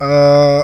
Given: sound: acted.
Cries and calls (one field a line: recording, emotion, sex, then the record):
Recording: nonverbal affect burst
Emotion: neutral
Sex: male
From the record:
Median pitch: 143 Hz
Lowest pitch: 139 Hz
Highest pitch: 197 Hz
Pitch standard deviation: 5 Hz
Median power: 84.3 dB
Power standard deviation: 5.5 dB